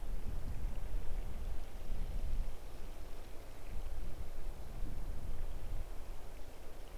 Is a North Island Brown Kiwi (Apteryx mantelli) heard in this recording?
no